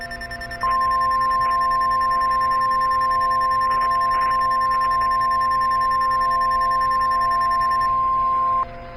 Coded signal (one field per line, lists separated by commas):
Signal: Emergency Alert System (SAME) tones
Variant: 1050 Hz attention tone